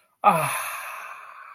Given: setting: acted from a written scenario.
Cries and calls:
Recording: vocal sound without words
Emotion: ecstasy

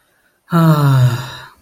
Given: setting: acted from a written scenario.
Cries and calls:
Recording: vocal sound without words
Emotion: contentment

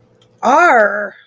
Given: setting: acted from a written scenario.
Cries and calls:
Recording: vocal sound without words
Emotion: anger

